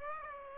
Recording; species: mosquito wingbeat signal from an infrared sensor; Aedes aegypti